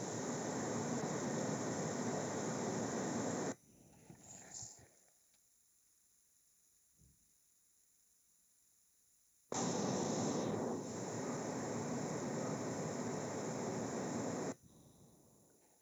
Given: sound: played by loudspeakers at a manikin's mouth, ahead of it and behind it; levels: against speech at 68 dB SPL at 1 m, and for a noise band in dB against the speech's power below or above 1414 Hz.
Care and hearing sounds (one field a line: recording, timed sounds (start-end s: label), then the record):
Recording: test signals for a remote microphone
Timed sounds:
0.00-3.52 s: speech-spectrum noise from the mouth, facing ahead
9.52-14.52 s: speech-spectrum noise from the mouth, turned 45 degrees right
From the record:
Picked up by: remote microphone A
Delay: 47 ms